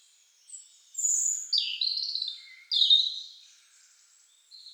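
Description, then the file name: European robin song of thin high whistles and rippling warbled phrases in two bursts, with a faint extra note at the end. "Erithacus rubecula"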